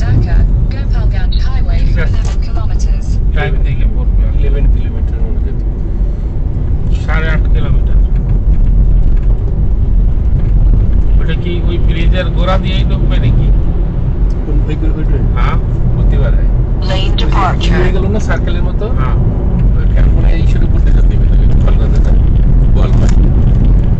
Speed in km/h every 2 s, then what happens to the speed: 40, 37, 42, 49, 46, 50, 54, 61, 68, 69, 74, 77.
2-6 speeds up to 49. 9-24 speeds up to 77.